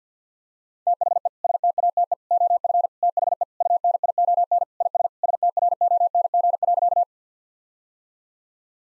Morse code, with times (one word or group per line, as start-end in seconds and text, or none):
0.9-1.3 THE
1.4-2.1 STATE
2.3-2.9 OF
3.0-3.4 THE
3.6-4.6 UNION
4.8-5.1 IS
5.2-7.0 STRONG.